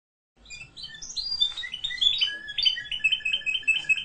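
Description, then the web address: Canary warbling with sliding whistles and chirps that settle into quick repeated notes, over a soft background rumble. "honarfardi Canary Sound"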